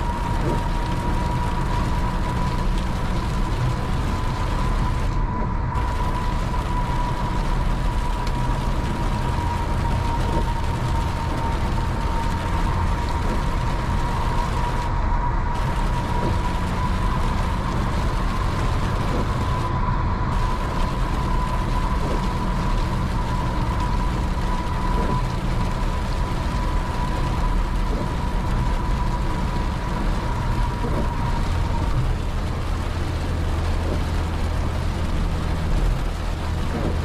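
Steady, dense road and rain rumble from night driving, with a faint whine running until near the end and brief dips in hiss.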